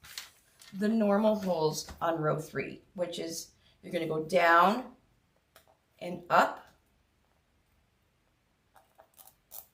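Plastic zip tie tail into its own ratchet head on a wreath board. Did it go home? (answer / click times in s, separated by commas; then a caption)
yes / 8.8 s, 9.0 s, 9.2 s, 9.3 s, 9.6 s. Someone talks while a plastic zip tie is pulled closed around deco mesh on row three of a metal wreath board, its tail feeding into its own ratchet head. After a quiet stretch, a run of short, soft ratchet clicks comes at 8.8, 9.0, 9.2, 9.3 and 9.6 seconds as the tie closes and locks in place.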